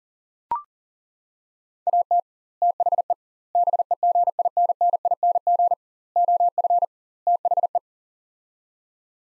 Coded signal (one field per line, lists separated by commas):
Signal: Morse code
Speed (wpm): 40 wpm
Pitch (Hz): 700 Hz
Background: none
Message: AT THE BEGINNING OF THE